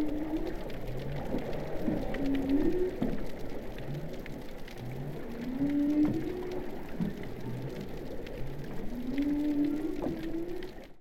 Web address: Humpback. Lehua